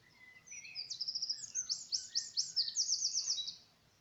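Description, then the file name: Eurasian wren song, an energetic stream of piercing trills and rattling phrases for about three seconds, with softer lower notes underneath. "Troglodytes troglodytes"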